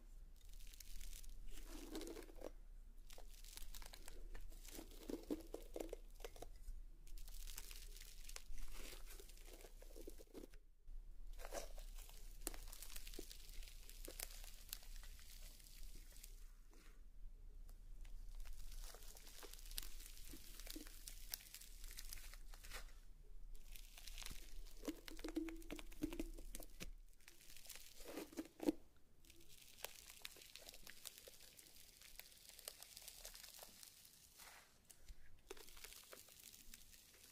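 Slime and crayon sounds with tapping: wet, sticky squishing and crinkly scraping come in dense bursts lasting a few seconds, broken by brief silent gaps around 3, 11, 17 and 27 seconds. Soft, bright crackles run throughout, with a low steady hum underneath until about 27 seconds.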